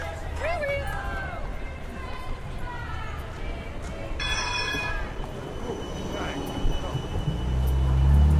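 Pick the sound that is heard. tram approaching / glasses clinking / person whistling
tram approaching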